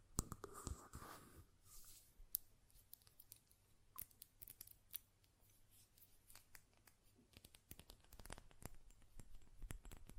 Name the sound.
Glass Perfume Bottle Tapping & Lid Sounds